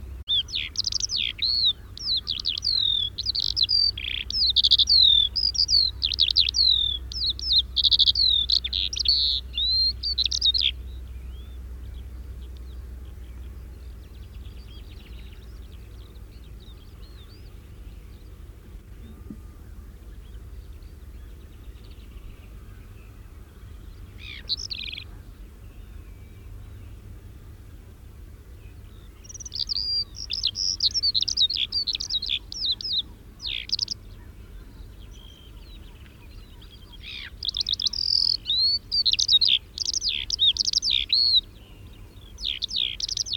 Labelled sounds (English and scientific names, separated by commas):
Eurasian Skylark (Alauda arvensis) song